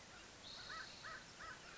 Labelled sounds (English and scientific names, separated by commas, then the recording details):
American Crow (Corvus brachyrhynchos)
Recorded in Sonoma County, California